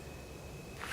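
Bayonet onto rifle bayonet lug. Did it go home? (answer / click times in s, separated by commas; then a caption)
yes / 0.8 s. A steel bayonet is slid over the cleaning rod and pushed down onto the rifle's bayonet lug until it locks into place, held by a locking button. Against a steady low background, a short, faint click is heard at 0.8 s as the bayonet seats and locks.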